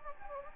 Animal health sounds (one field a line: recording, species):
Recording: mosquito wingbeat signal from an infrared sensor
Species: Anopheles gambiae